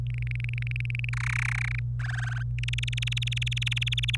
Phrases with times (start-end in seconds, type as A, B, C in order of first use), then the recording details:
0.06-1.09 A, 1.13-1.79 B, 1.99-2.43 C, 2.58-4.16 D. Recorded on 25 April 2018 at 14:03. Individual llb3